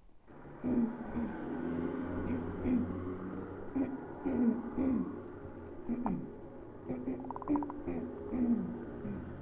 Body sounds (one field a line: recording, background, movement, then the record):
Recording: throat clearing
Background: traffic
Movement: sitting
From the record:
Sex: female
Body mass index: 22.6 kg/m2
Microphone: on the chest, facing the body